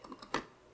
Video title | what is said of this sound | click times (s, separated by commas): HJC CS15 Review - Best Entry Level Motorcycle Helmet | open it you will hear a click | 0.0 s, 0.1 s, 0.2 s, 0.3 s